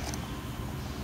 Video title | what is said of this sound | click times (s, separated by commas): Oil Filters Explained (I cut one open) | the new filter will just snap into place and then | 0.1 s